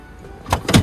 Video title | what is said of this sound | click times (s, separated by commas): HildaHandover VW California ocean | all the way down until it clicks. | 0.5 s